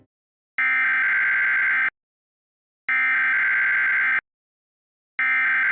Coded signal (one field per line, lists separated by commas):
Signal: Emergency Alert System (SAME) tones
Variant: header bursts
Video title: Flood From Hell (EAS Scenario)